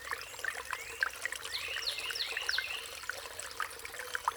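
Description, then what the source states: Songbirds with a brief burst of high twittering notes amid scattered chips and upslurred whistles, water trickling beneath. Riparian zone.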